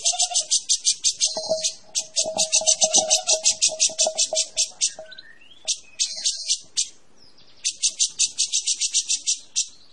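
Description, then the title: Grey-cheeked Bulbul song: loud, fast series of harsh high notes in long runs, with a steady lower tone and light clicks in the first half. Lively singing. "Suara Burung Cucak Jenggot Gacor Panjang"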